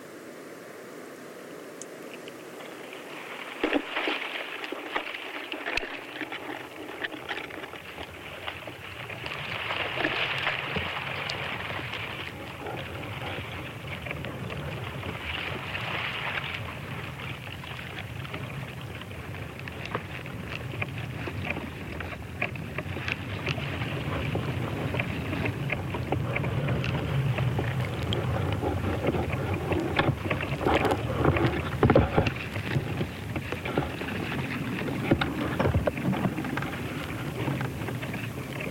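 Coastal dunes at Studland: a dense, gusty rumble swelling around ten and sixteen seconds, growing fuller later, with scattered ticks and knocks.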